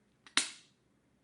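An unlocked plastic injector pen is pressed against the skin, and its mechanism gives a sharp first click at 0.4 s, marking the start of the injection. The click rings out briefly and fades, with a fainter tick just before it at 0.3 s and another at 1.2 s. The first click has sounded and the injection has begun.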